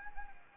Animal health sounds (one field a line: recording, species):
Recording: mosquito wingbeat signal from an infrared sensor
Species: Anopheles arabiensis